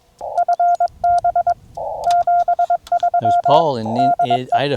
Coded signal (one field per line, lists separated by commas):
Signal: Morse code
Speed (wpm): 22 wpm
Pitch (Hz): 700 Hz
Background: speech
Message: FB 73 DE